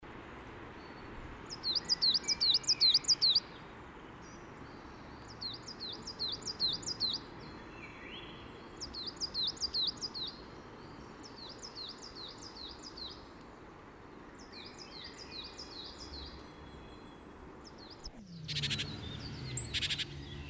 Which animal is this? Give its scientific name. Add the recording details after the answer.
Parus major. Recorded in the wild. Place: Kaiserslautern, Rheinland-Pfalz, DE. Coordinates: 49.4247, 7.77889. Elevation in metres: 279. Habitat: garden. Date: 1975-05-08 11:30. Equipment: Nagra IV. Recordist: Tretzel, Erwin